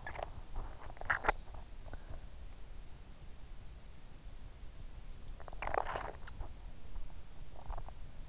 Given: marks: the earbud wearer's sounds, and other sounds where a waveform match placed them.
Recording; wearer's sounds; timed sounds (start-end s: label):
sounds in sleep by an in-ear microphone; swallowing
0.00-1.84 s: swallowing
5.31-6.56 s: swallowing